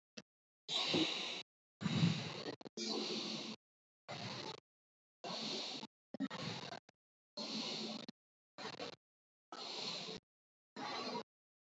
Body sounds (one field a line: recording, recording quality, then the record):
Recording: shallow breathing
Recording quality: excellent, no background noise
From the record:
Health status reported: healthy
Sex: male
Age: 34 years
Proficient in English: yes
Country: India